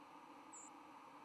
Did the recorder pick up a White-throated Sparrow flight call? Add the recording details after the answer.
yes. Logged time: 08:51 on 10 November 2014